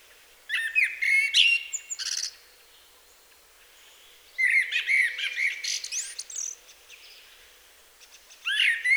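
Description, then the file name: Common blackbird delivering mellow whistled phrases with squeaky, high-pitched flourishes at the end, about every four seconds, with quiet gaps between. "Turdus merula"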